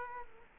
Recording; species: mosquito wingbeat signal from an infrared sensor; Culex quinquefasciatus